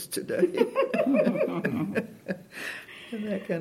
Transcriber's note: laughter